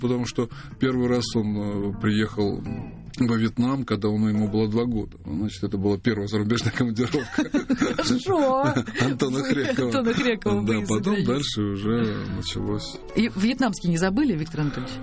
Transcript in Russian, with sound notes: Потому что первый раз он приехал во Вьетнам, когда ему было 2 года. Значит, это была первая зарубежная командировка. (все смеются) Антона Хрекова. Потом дальше уже началось.
Вы вьетнамский не забыли, Виктор Анатольевич?